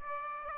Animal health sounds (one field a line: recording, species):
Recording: mosquito wingbeat signal from an infrared sensor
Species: Aedes aegypti